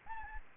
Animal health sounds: mosquito wingbeat signal from an infrared sensor; Aedes albopictus

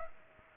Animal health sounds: mosquito wingbeat signal from an infrared sensor; Culex pipiens

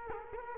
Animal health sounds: mosquito wingbeat signal from an infrared sensor; Culex quinquefasciatus

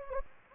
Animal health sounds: mosquito wingbeat signal from an infrared sensor; Anopheles gambiae

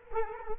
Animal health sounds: mosquito wingbeat signal from an infrared sensor; Culex quinquefasciatus

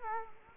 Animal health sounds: mosquito wingbeat signal from an infrared sensor; Culex quinquefasciatus

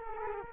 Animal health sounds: mosquito wingbeat signal from an infrared sensor; Culex quinquefasciatus

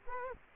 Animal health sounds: mosquito wingbeat signal from an infrared sensor; Culex quinquefasciatus

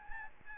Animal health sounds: mosquito wingbeat signal from an infrared sensor; Aedes albopictus

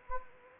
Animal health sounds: mosquito wingbeat signal from an infrared sensor; Anopheles gambiae

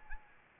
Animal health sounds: mosquito wingbeat signal from an infrared sensor; Anopheles arabiensis

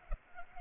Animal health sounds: mosquito wingbeat signal from an infrared sensor; Culex pipiens

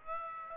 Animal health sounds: mosquito wingbeat signal from an infrared sensor; Aedes aegypti

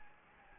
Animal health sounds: mosquito wingbeat signal from an infrared sensor; Anopheles gambiae

